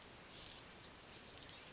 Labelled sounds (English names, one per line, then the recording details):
Bewick's Wren
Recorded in Sonoma County, California